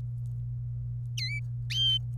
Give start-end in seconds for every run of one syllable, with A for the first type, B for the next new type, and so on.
1.18-1.40 A